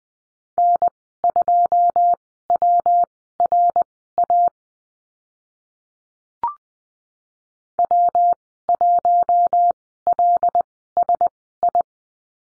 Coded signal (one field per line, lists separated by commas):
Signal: Morse code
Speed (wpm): 19 wpm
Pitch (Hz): 700 Hz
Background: none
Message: N2WRA W1LSI